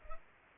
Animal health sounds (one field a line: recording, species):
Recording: mosquito wingbeat signal from an infrared sensor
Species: Culex pipiens